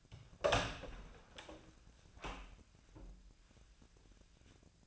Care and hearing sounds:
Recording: daily activity, microphone in the room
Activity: open door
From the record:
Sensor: 2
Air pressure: 1009.2 hPa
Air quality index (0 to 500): 189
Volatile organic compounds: 3 ppm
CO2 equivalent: 1371 ppm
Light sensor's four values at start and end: 31/82/35/37 and 31/83/35/37

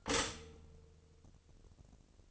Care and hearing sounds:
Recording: daily activity, microphone in the room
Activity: stop toaster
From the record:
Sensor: 4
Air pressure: 1007.9 hPa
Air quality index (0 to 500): 104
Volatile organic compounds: 1 ppm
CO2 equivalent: 774 ppm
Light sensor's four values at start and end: 11/24/10/10 and 11/24/10/10

